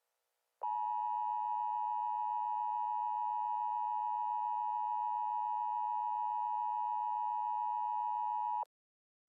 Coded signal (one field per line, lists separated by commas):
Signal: Emergency Alert System (SAME) tones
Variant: 853 and 960 Hz attention tone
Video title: EAS Scenario: The Malibu Prison Break